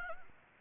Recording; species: mosquito wingbeat signal from an infrared sensor; Anopheles arabiensis